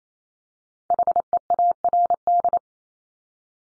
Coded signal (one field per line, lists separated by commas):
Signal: Morse code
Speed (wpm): 28 wpm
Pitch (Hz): 700 Hz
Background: none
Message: HEARD